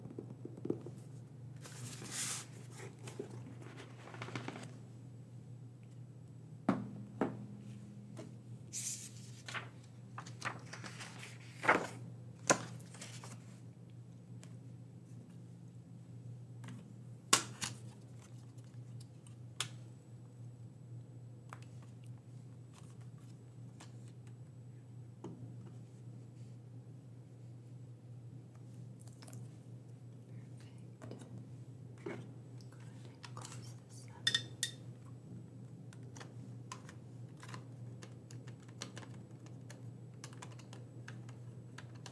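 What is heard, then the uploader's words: A librarian checks through and prepares books, with scattered taps, clicks and soft rustles of handling, busiest in the first twenty seconds and sparser afterward. A steady low hum runs underneath throughout, and a few sharper clacks stand out, notably around seventeen seconds. Librarian Checking Books ASMR. I will be checking through and prepping books for the library. There are some noise issues in this one.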